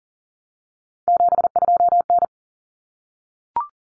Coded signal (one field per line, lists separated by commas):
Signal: Morse code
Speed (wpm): 40 wpm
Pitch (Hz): 700 Hz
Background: none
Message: 72N